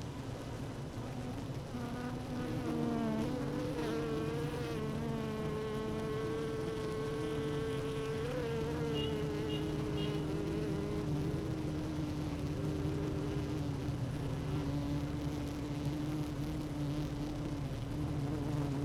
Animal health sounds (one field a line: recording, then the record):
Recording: honeybee colony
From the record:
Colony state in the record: active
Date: 12 June 2018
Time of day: 16:22